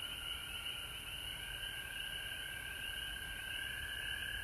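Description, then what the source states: Frog chorus: a steady, high, continuous trill runs throughout, with a constant faint hiss in the background. Recorded at home in Georgia on March 19, 2020.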